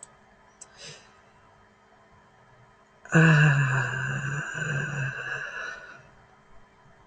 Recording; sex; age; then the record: vowel held as long as possible; female; 30 to 39 years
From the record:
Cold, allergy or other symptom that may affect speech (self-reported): no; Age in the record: 31 years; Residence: Massachusetts, United States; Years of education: 12